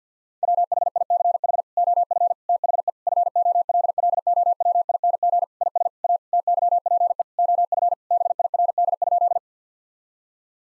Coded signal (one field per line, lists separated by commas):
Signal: Morse code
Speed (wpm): 50 wpm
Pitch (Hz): 700 Hz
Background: none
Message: WHICH OF THE FOLLOWING IS A TYPE OF BIRD?